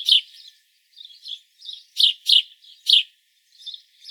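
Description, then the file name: House sparrow giving loud, rough chirps in quick succession, with quieter chattering notes filling the gaps. "Passer domesticus"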